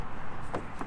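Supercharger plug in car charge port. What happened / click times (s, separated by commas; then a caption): The charging plug latch released from the port / 0.5 s, 0.8 s. A Tesla Model S supercharger plug is unlatched from the car's charge port by pressing the button on the charging handle, then pulled out. Two short clicks sound at 0.5 s and 0.8 s over a steady low background hum, and the plug comes free of the port.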